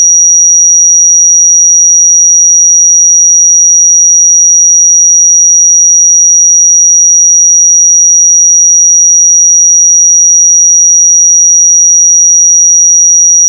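A pure sine tone holds at 5765 Hz, a thin, high, piercing whistle with nothing else beneath it. The pitch and loudness stay perfectly steady for the whole thirteen seconds, ending with a brief click as it cuts off.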